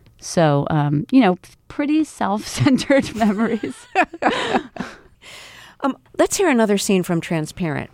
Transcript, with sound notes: So, you know, pretty self-centered memories.
(LAUGHTER) Let's hear another scene from "Transparent."